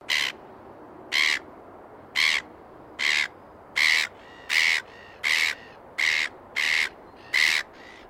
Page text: Bird Silver Gull Call Sequence. Australian birds